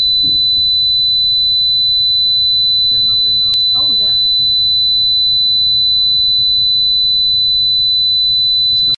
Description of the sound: Tinnitus 4000 Hz Tone.